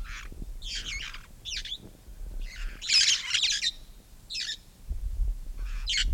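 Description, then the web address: Red-fronted parrot uttering a series of shrill, scratchy screeches, a harsher noisy burst at the centre, then scattered single calls, with faint low rumble. "parrots poicephalus-gulielmi"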